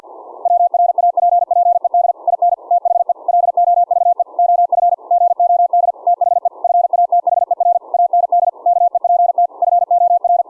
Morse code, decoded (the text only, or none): WRAPPED IN THE LOVE OF GOD THE FATHER AND KEPT FOR